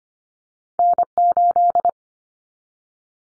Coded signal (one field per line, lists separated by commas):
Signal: Morse code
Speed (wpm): 25 wpm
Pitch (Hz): 700 Hz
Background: none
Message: N8